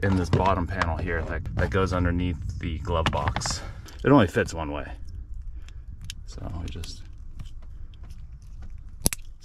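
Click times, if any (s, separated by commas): 9.1 s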